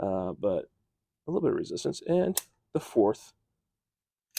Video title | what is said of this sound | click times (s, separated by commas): All NEW QUINN Comfort Grip Extendable Scraper - Item 59128 | so let's try to fully extended as you can hear it locked there oh | 4.4 s